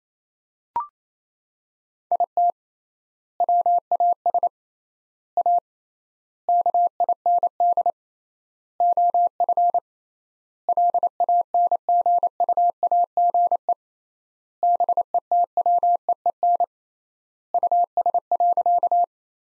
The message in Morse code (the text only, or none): IT WAS A KIND OF LANGUAGE BETWEEN US.